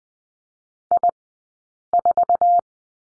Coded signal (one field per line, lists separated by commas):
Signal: Morse code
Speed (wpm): 20 wpm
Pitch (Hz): 700 Hz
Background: none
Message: I4